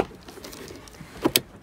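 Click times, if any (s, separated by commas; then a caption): 1.4 s. The other end of a Y cable is pushed into the vehicle harness connector of a Tesla during an OBD2 installation. A sharp click is heard at 1.4 s as the connector clips in and seats. No one talks in this clip.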